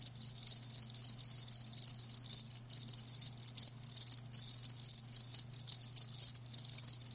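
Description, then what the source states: Cricket chorus of fast high trilled chirps, nearly continuous with occasional short breaks, over a quiet steady low hum. Crickets chirping; a lulling song offered to help you fall asleep.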